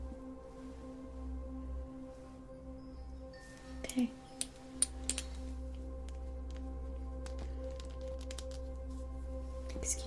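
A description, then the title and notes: Close-up face touching during a facial acupuncture session, heard as soft squishy contact sounds and a few sharp taps and clicks around the four to five second mark and again at the end. A steady low hum and faint tonal drone run underneath throughout. ASMR Facial Acupuncture ~ Personal Attention Close Up Face Touching.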